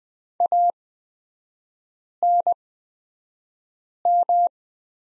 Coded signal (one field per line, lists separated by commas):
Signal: Morse code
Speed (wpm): 20 wpm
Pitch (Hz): 700 Hz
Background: none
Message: ANM